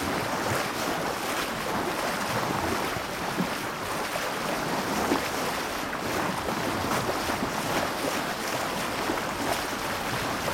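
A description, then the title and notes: Waves and wind rush steadily around a sailing boat, a dense, even wash that fills the whole range from low rumble to bright hiss. Short flutters and slaps recur every second or so, like sails flapping, with occasional gusts of wind buffeting the microphone. What does it sound like to be on a sailboat out on the open sea? There are certainly waves, wind and sails flapping. The sounds of sailing.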